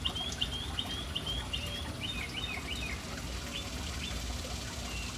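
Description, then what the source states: Bird chirps, a fast run of high twittering notes early on, then sparser single calls. Birds in a city, hanging around a fountain in an urban setting.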